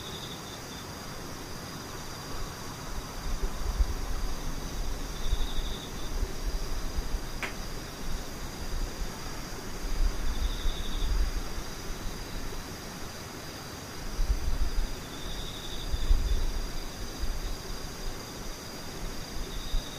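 Insects sing steadily through the whole recording, a thin high chirring layer with short repeated pulses standing out now and then. Underneath runs a constant rumbling noise with low swells around 4, 10 and 14–16 seconds, and a single sharp click near 7.5 seconds.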